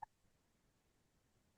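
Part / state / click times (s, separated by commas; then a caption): tension clip into sign cabinet frame / seated / 0.0 s. A tension tool hooked on the sign cabinet frame for leverage pushes a flex-face tensioning clip down into the frame, giving one sharp, brief click at 0.0 s followed by quiet low background noise. The clip seats in the frame and the sign face is tightening up.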